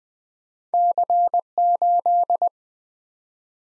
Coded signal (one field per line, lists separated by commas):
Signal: Morse code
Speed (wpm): 23 wpm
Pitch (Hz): 700 Hz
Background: none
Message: C8